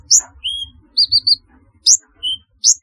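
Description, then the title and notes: Sunbird chirps: sharp, very high notes, some sweeping steeply upward and others short and level, given in scattered bursts. Song (kicau). "Kicau Burung Kolibri"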